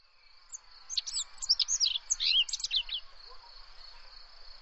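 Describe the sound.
Bird singing one quick phrase of sharp, rising and falling high chirps and trills, while a constant shrill insect buzz continues in the background.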